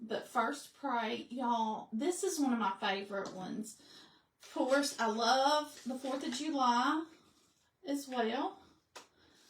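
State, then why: Seated. A painted interchangeable Fourth of July craft insert is pressed into its small display stand while someone talks. A single short hit is heard at 9.0 s as the insert pops into place and seats in the stand.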